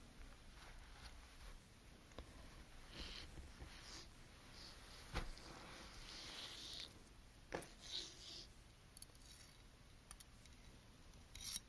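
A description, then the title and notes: Silky hair is brushed in soft, breathy strokes, with swishing sweeps around 3, 4 and 6–7 seconds. Small sharp clicks and snaps from hair accessories land near 5, 7.5, 9 and 11.5 seconds over a quiet, steady low hiss. Sounds and visuals of silky hair being brushed and pinned up with beautiful hair accessories.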